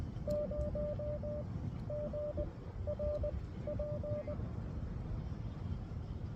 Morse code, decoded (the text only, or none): 0 GRP